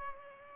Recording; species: mosquito wingbeat signal from an infrared sensor; Culex pipiens